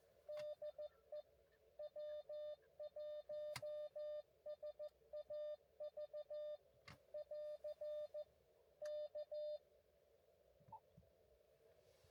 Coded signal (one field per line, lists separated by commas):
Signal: Morse code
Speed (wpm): 14 wpm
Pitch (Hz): 600 Hz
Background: none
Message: DE W1SAV <AR> K